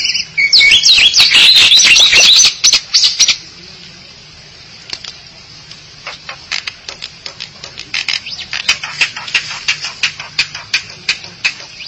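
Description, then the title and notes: Starling or myna calls: a dense burst of harsh, chattering notes for about three seconds, then a long run of short clicking chips repeated rapidly. "suara burung jalak"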